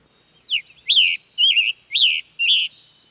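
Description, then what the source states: Scarlet Tanager song: five hoarse, burry phrases, each slurred and dropping, delivered in a steady quick series about every half second against a quiet background. Heard in the evening in woodland, the first bird to greet listeners, singing from a nearby pine; likened to a robin in a hurry with a cold: hurry, worry, flurry, blurry.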